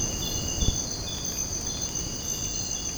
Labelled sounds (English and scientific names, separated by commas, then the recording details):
none
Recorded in secondary vegetation near Puerto Asís, Putumayo, Colombia, on 19 March 2025 at 02:30
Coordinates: 0.481, -76.318
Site G097